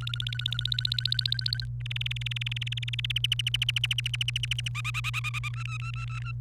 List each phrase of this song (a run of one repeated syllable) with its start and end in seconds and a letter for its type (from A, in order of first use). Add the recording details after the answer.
0.01-1.65 A, 1.80-3.12 B, 3.16-4.68 C, 4.75-5.49 D, 5.54-6.32 E. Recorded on 28 April 2018 at 16:23. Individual llb3